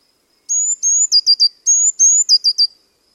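Bird repeats a sharp high-pitched phrase twice: a pair of slightly rising whistled notes ending in a quick run of falling pips, with a clean background.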